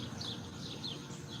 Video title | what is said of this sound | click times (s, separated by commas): a Different view of Sunset in Olney Illinois | And I can't quite get it to snap into place. | none